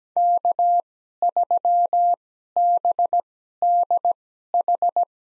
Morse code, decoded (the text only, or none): K3BDH